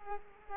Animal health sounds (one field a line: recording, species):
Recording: mosquito wingbeat signal from an infrared sensor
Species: Culex quinquefasciatus